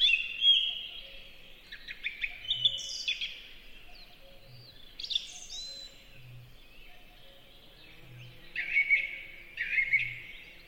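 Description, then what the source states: Song thrush singing bright, varied whistled phrases, the last two nearly identical and repeated about a second apart, with soft low pulses sounding in the background. Beautiful, peaceful song in a spring forest.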